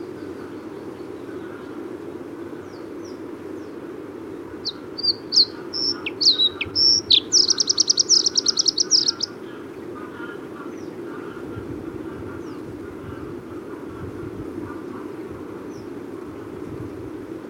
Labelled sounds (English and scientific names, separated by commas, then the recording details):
Bluethroat (Luscinia svecica) song
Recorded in the wild
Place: Galenbeck, Mecklenburg-Vorpommern, DE
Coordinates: 53.626, 13.721
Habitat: Lake
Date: 1980-04-18
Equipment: Nagra III BH, Sennheiser MD 21, parabola
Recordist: Schubert, Michael